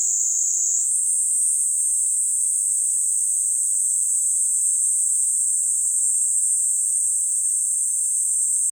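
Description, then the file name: Cicadas keep up a thin, high, unbroken buzz; the pitch rises slightly just before the first second ends, then stays even. Several cicadas in summer at Sannohe. "INSECT CICADAS SANNOHE SUMMER"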